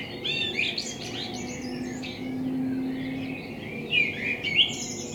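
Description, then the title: Common blackbird singing short mellow warbled phrases that finish in squeaky high twitters, with a droning low background hum. Binaural recording made with a self-built dummy head, in front of the recordist's window; intended for headphone listening. "Kunstkopfaufnahme der Amsel vor meinem Fenster"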